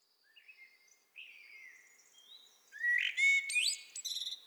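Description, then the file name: Common blackbird song, soft gliding whistles at first, building to louder clear fluted notes with sharp, thin squeaks and twitters near the end. "Turdus merula"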